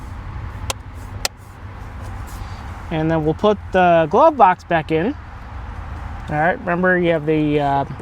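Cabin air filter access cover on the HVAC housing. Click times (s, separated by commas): 0.7 s, 1.2 s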